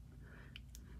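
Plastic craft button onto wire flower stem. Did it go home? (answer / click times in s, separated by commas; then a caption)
yes / 0.6 s, 0.8 s. A plastic craft button, the middle one, is fed down the wire of a button-flower stem and pushed against the first button. Two short, sharp clicks are heard at 0.6 s and 0.8 s over a low background hum, as the button snaps into place on the wire stem.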